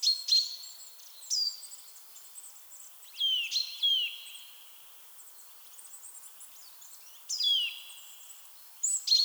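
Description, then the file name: Eurasian nuthatch gives short high notes and slurred falling whistles in bursts, separated by a few seconds of near silence. "Sitta europaea"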